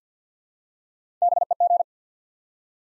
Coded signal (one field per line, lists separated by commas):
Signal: Morse code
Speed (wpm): 49 wpm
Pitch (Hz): 700 Hz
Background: none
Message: BEG